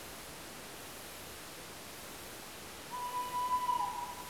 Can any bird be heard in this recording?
yes